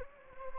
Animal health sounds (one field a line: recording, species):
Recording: mosquito wingbeat signal from an infrared sensor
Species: Anopheles gambiae